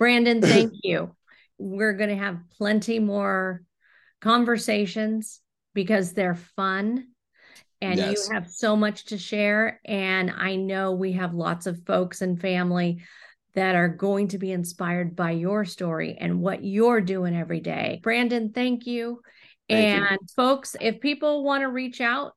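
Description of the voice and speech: Clear, fluent adult conversational speech with natural pauses and ordinary voice quality; typical speech.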